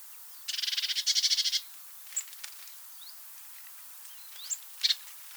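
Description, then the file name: Eurasian blue tit giving a rapid, buzzy churring trill lasting about a second, then scattered thin high notes over a steady background hiss. "Cyanistes caeruleus"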